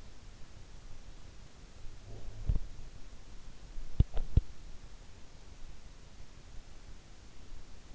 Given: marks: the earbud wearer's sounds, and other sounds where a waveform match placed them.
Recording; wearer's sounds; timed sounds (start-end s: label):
sounds in sleep by an in-ear microphone; teeth grinding
1.90-2.84 s: sound from someone else or the room
3.78-4.71 s: teeth grinding